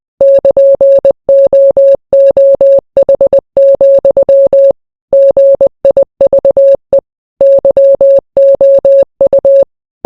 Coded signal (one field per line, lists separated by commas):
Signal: Morse code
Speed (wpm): 20 wpm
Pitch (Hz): 550 Hz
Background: none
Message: <KN>OOH, GIVE YOU